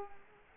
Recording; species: mosquito wingbeat signal from an infrared sensor; Culex quinquefasciatus